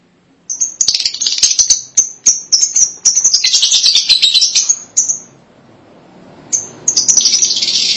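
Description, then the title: Lovebird chatter: rapid shrill chips merging into harsh, high-pitched twittering, a short quiet gap, then another scratchy burst. "BM Suara Burung Lovebird"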